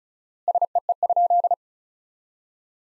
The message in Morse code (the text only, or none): SEE?